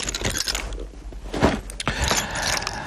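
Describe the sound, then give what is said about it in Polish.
Keys are shaken on air by a radio presenter as an improvised gadget. They jangle and clink in a steady, busy shake, with bright metallic jingles that swell around the middle and continue in irregular bursts; no one speaks. “A tutaj mnie pan Zbyszek pyta i właśnie do tego wyjmę jakikolwiek gadżet tak naprawdę, bo o, niech będą klucze, bardzo dobrze.”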